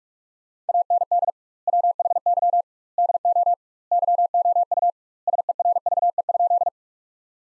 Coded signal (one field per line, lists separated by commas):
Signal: Morse code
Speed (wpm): 47 wpm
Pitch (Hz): 700 Hz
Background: none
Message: AND WHY DO YOU SERVE?